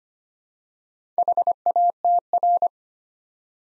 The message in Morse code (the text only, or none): HATR